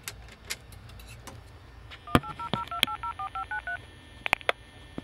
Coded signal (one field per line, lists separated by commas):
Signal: DTMF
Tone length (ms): 100 ms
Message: 18002804593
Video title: Dialing Bon's Burgers on a payphone